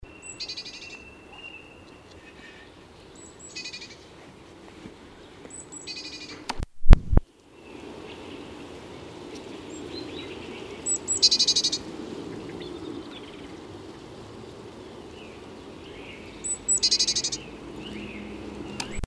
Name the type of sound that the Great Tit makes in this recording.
song